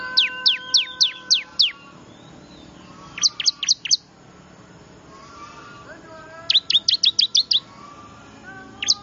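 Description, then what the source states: Bar-winged prinia giving fast runs of sharp, downslurred high chirps in several bursts, with soft tonal whistles faintly behind. Noisy lure call, described as highly effective, used to attract wild birds.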